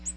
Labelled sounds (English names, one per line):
Ovenbird flight call